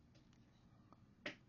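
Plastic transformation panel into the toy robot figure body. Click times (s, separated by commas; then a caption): 1.3 s. A plastic transformation panel is folded and pressed into the body of a transforming toy robot figure. A faint tick comes at 0.9 s and a sharp snap at 1.3 s. The panel snaps but stays slightly proud, just a hair off from fully seating.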